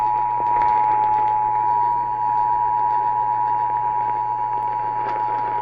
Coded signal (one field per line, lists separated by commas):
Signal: Emergency Alert System (SAME) tones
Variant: 853 and 960 Hz attention tone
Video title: Eas Fwd svr on WBAP-AM Eas#1983